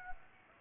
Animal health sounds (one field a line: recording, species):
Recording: mosquito wingbeat signal from an infrared sensor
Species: Aedes aegypti